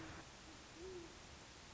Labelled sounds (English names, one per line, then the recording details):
Great Horned Owl
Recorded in Sonoma County, California